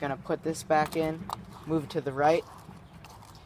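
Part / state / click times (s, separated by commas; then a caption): fuel filler cap on a car's filler neck / torque reached / 3.1 s. A fuel filler cap is put back onto a car's filler neck and turned to the right until its ratchet clicks, showing it is fully on. Someone talks over the first 2.4 seconds, then a short click is heard at 3.0 s.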